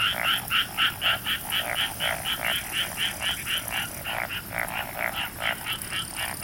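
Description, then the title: Frog croaks in a quick even series, bright raspy pulses about four a second, faint high hiss. "Summer Japan, Hokkaido. Night Paddy's frogs. 夜の水田のカエル"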